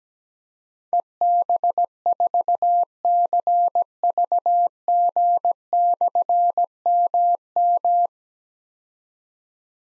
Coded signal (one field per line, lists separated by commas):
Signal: Morse code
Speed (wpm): 17 wpm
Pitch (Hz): 700 Hz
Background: none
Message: EB4CVG/MM